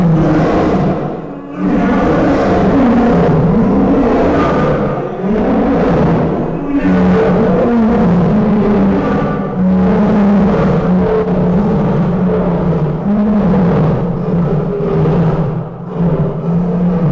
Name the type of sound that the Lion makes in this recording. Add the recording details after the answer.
call. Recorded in captivity. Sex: male. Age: adult. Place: Zoo Berlin, Berlin, DE. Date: 1959-08-21 09:10. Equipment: Reporter (Vollspur). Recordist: TSA. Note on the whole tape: Im Raubtierhaus. Rufreihen (zweimal). Abstand 10-15 m. Aufnahmezeit: 9.00-9.30 Uhr